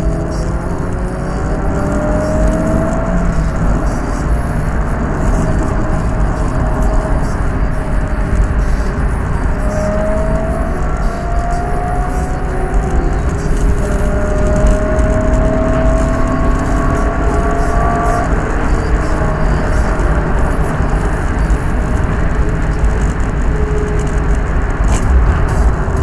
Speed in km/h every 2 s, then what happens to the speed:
69, 82, 98, 105, 108, 103, 105, 111, 118, 124, 127, 119, 116.
0-6 speeds up to 105. 6-12 steady at about 105. 12-18 speeds up to 124. 18-26 slows to 116.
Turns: none.